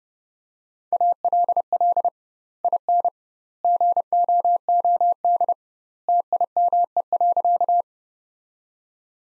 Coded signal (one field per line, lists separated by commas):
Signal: Morse code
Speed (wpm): 30 wpm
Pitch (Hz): 700 Hz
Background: none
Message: ALL IN GOOD TIME.